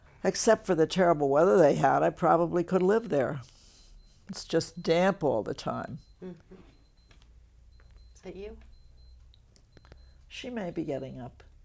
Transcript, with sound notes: except for the terrible weather they have, I probably could live there. It's just damp all the time.
Uh-hmm. [beeping sound] Is that you?
She may be getting up.